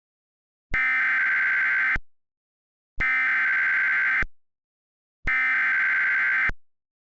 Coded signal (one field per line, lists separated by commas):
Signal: Emergency Alert System (SAME) tones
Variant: header bursts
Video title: EAS Mock: A Severe Thunderstorm Warning? In Oregon?